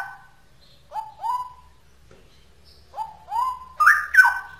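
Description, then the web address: Straw-headed bulbul singing liquid rising whistles in short clusters, ending in a louder tumbling warble. Song in the style called ropel; labelled as original (asli). "cucak-rowo suara-cucak-rowo-ropel-asli"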